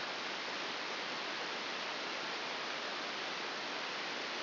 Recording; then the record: brain microelectrode recording played as sound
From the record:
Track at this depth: outside the subthalamic nucleus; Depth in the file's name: 6.898 mm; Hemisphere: left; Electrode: 2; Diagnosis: Parkinson's disease